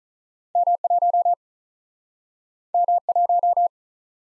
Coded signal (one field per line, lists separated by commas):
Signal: Morse code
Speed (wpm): 47 wpm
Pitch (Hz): 700 Hz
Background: none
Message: M 1 M 1